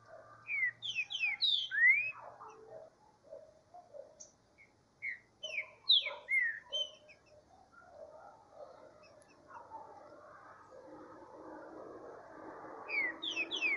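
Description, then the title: Green-winged saltator song: repeated phrases of bright slurred whistles separated by pauses, with a rumbling background noise building in the second half. Track titled Voz 08; trinca-ferro being warmed up in the bush. "Canto De Trinca Ferro Voz 08. Esquentando trinca-ferro no mato"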